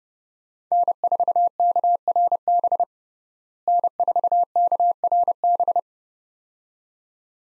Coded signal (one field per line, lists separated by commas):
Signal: Morse code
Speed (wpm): 32 wpm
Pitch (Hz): 700 Hz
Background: none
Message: N4KRB N4KRB